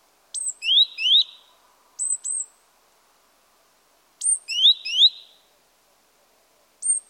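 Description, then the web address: Great tit calling: high downslurred note, mostly followed by two upward-sweeping notes, in groups repeated at irregular intervals. "pub SETE data Parus major"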